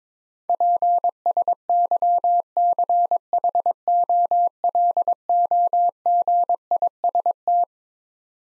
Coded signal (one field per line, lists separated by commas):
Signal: Morse code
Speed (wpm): 22 wpm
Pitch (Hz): 700 Hz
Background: none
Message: PSYCHOLOGIST